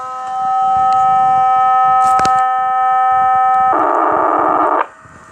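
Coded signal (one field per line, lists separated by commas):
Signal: POCSAG pager data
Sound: long steady buzzy chord-like tone, a couple of clicks, then brief harsh data rasp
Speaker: let's go to the interface at the bottom of the the IRT transmitter so I can press that button there massive long preamble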